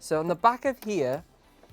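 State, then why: Not seated. Someone talks while handling the connector of a large external power brick at the back of a custom portable game console, before pushing it in. The speech runs to about 1.2 s, followed by near silence with a few faint soft sounds. Nothing has seated or clicked into place yet.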